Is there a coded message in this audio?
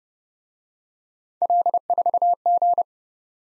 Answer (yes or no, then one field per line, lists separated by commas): yes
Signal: Morse code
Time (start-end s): 1.4-2.8 s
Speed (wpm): 29 wpm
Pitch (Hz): 700 Hz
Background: none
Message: L4G